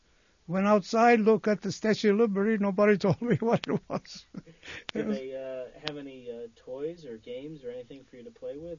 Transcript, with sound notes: went outside look at the Statue of Liberty, nobody told me what it was. ( he laughs )
Did they have any toys or games or anything for you to play with?